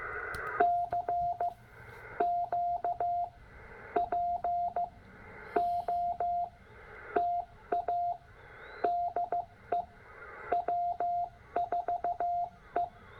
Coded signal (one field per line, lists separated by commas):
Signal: Morse code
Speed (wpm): 15 wpm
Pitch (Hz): 700 Hz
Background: radio noise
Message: CQ POTA DE W4E